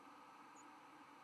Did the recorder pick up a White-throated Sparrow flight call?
no